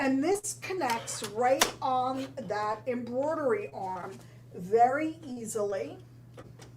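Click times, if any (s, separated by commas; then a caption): none. A free-arm embroidery hoop is handled and moved toward the embroidery arm of a sewing machine while someone talks over a steady low hum. The hoop has not yet seated or locked onto the arm, and no click is heard.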